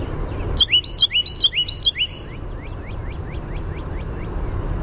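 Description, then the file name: Carolina wren delivering several fast, repeated ringing phrases in a rolling chant, followed by a trail of fainter repeated notes. "CARW song"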